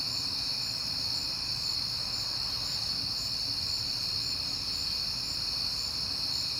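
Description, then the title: Dense chorus of crickets, a constant high-pitched pulsing ring, steady from start to end over a low background rumble. Crickets on a peaceful night in September, with passing cars. "Night Time: Crickets and Passing Cars"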